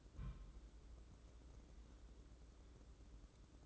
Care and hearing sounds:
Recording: daily activity, microphone in the room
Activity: place on stove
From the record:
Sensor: 3

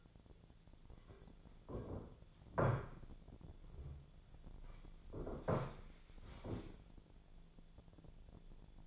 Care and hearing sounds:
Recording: daily activity, microphone in the room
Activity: sit down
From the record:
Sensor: 5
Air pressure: 1008.2 hPa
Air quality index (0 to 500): 154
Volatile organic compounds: 3 ppm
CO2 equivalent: 1480 ppm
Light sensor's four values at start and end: 60/168/65/66 and 60/168/65/66

